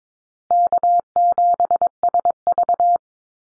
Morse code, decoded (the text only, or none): K7SV